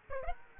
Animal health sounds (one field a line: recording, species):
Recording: mosquito wingbeat signal from an infrared sensor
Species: Aedes aegypti